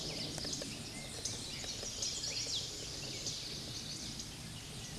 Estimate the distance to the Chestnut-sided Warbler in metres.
about 20 m